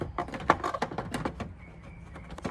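A plastic trunk trim cover on a Nissan Maxima is hooked into the rear body opening and struck by hand so its clips seat. A series of sharp knocks and rattles runs through the first second and a half, with the loudest hit at 0.5 s, when the panel seats in place. The sound then goes quiet until a louder rustle at the very end.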